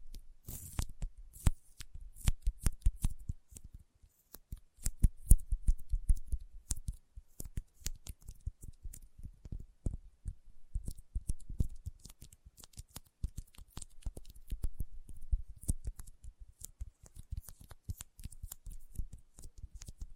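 Sticky fingers pull apart in a rapid run of short, crisp snaps and clicks, each one sharp and bright with a dull low thump beneath it. The pops come several per second, irregular and dense throughout, a little louder and busier in the first half.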